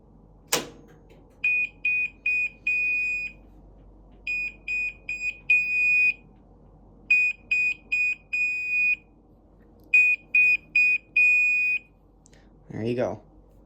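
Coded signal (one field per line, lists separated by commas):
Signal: beep code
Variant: Whirlpool washer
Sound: four repeats of three short high beeps then one long beep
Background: click and thump, quiet room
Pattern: 3 short, 1 long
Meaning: The wash cycle is finished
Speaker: It's done. Yes, as you can see, it makes the same forward beeps. It does the does three beeps and then a long beep and then another three beeps. It does that four times when it's done.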